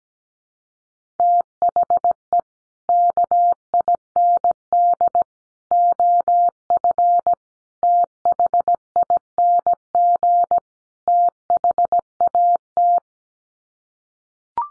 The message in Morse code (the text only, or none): THE KIND OF THING THAT